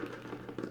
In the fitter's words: It's got the adapter here, charging brick, locks into place real nice, holds